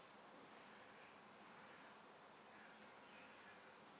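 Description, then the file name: European robin: two sharp, very high, thin seeping notes that drop a touch in pitch, roughly two and a half seconds apart, against soft background noise. "Erithacus rubecula"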